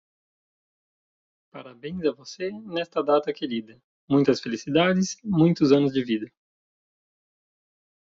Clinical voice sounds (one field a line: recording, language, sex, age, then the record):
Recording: short text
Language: Brazilian Portuguese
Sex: male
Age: 30 to 39 years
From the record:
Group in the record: control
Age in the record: 38 years